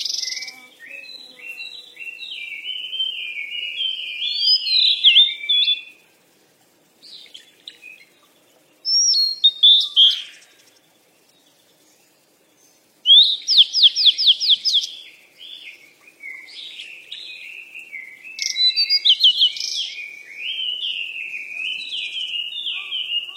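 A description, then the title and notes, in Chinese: Birds chirp and twitter in quick, bright bursts, with rapid trills and sweeping notes. The song runs for about six seconds, drops to brief calls and near silence, then resumes at around thirteen seconds with sharp repeated chirps continuing to the end. 鸟儿嬉戏声。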